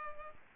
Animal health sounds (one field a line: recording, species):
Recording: mosquito wingbeat signal from an infrared sensor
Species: Culex pipiens